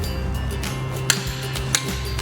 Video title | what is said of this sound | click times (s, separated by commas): Wheel Nut Tightening Procedure - MDC Masterclass #37 | the proper procedure with the torque wrench tighten it up till it clicks once then second time you know you're there | 1.1 s, 1.8 s